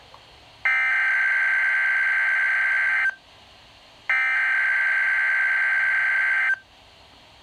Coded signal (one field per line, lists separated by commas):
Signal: Emergency Alert System (SAME) tones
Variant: header bursts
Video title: NOAA Weather Radio: Severe Thunderstorm Watch